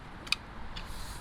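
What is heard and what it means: A new fog light switch is pushed into its opening in the plastic dash panel of a Nissan Xterra/Frontier, giving a sharp, bright click at 0.3 s and a fainter tick near 0.8 s over low background noise. The switch is seated in the panel.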